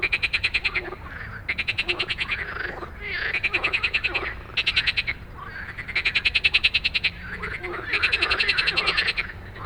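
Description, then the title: Frogs giving loud pulsed croaks in bursts of one to two seconds, repeated with brief pauses, backed by a quieter chorus. Many frogs giving an evening chorus after dark in Stromovka Park, Prague; 18 May 2022 from 22:08, recorded with a Sony PCM-D100. "Stromovka Park, Prague - Frog concert at Stromovka after dark"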